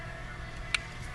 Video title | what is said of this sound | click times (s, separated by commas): T4E .68Cal HDS Paintball Shotgun 16 Joule Upgrade - Tech Talk | last one here backwards listen for the click | 0.8 s